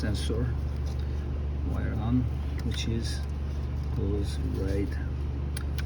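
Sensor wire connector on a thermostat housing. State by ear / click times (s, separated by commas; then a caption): seated / 5.6 s. On a 2014 BMW X5 3L getting a replacement for a stuck-open thermostat, the thermostat sensor wire plug is pushed onto its plastic connector on the new thermostat housing while someone talks over a steady low hum. A short, sharp click at 5.6 s marks the connector seating.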